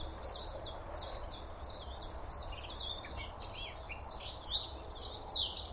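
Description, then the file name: Eurasian blackcap giving short hard notes in a quick, fairly steady series over a low steady hum. "Sylvia atricapilla"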